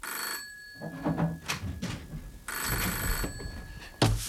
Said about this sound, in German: Als ich am nächsten Morgen dabei war, mich zu rasieren, da klingelte das Telefon.